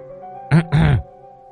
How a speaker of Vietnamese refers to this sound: Anh đưa đẩy cái cối say thì đằng sau lưng của anh có tiếng của bà Hai hắng giọng